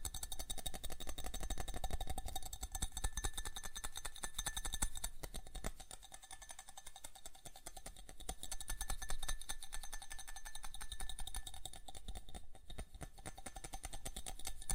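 Fast tapping runs without pause, dense rapid clicks with a bright crisp edge, slightly softer around six to eight seconds, then returning.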